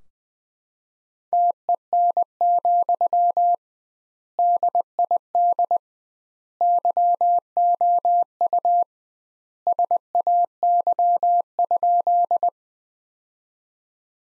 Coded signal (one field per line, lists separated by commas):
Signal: Morse code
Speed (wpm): 20 wpm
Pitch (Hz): 700 Hz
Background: none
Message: TEN, DID YOU SAY?